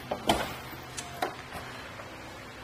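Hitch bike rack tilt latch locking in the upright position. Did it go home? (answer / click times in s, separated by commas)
no / none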